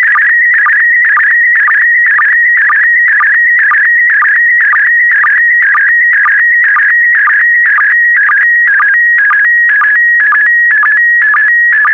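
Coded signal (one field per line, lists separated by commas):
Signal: SSTV (slow-scan television)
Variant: PD120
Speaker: complete. You can now check your decoded image against the picture that is shown on the video.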